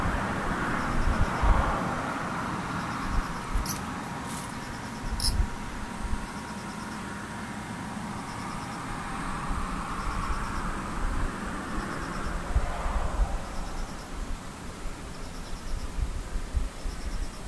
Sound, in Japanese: ムシ